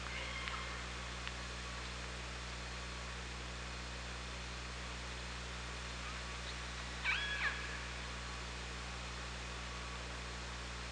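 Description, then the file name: Orca call, one short harmonic squeal late, preceded by a faint call, over steady low hydrophone hum and hiss. Recorded by OrcaLab hydrophone underwater on 24 August 2017 at 18:40:12. "Orca Lab UTLN JASON 20170824 184012"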